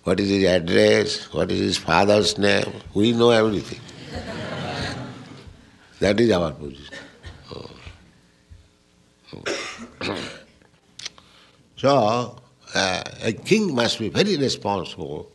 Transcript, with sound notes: what is His address, what is His father's name---we know everything. [laughter] That is our position. So a king must be very responsible